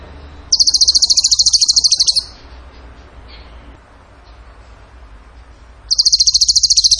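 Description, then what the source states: Bird pouring out a fast, high, rattling trill lasting nearly two seconds, then a long pause before the next trill starts. Masteran training recording; tembakan gacor song style.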